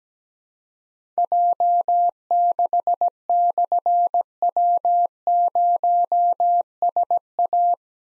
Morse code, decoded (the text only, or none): J6/W0SA